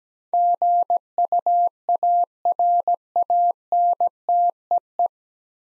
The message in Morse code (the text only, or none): GUARANTEE